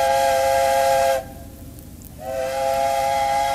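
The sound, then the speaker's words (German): A ship's siren howls in two long, loud blasts, each a steady, mid-pitched tone rich in harmonics, separated by a one-second pause, as the liner Bremen casts off from the quay with tugboats made fast fore and aft. No voices are heard. “Noch einmal heulen die Sirenen 3-mal auf.”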